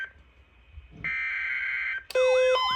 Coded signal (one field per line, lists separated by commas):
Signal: Emergency Alert System (SAME) tones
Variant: header bursts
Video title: EAS Alerts From 3/15-3/16/25: A Compilation (EAS 512-533)